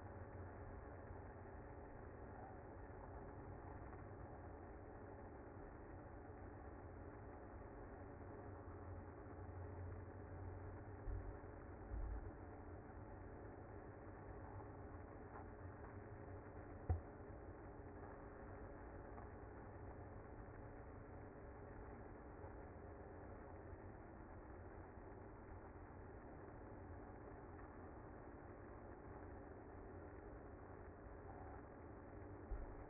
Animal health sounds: honeybee colony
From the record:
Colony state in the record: active

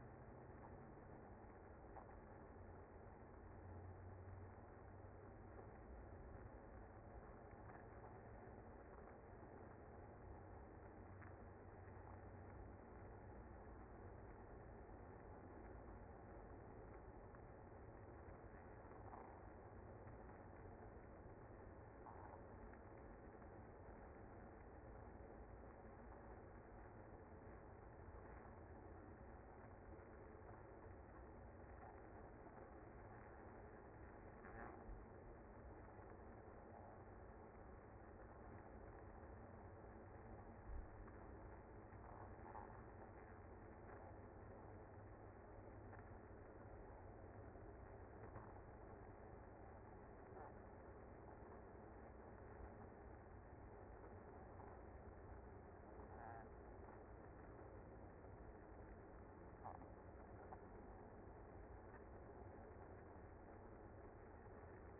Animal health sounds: honeybee colony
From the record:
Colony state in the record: active

